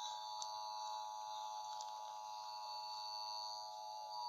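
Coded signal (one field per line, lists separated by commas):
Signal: Emergency Alert System (SAME) tones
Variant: 853 and 960 Hz attention tone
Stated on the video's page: Creepypasta fictional EAS scenario using valid EAS tones.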